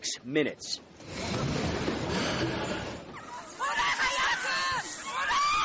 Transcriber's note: screaming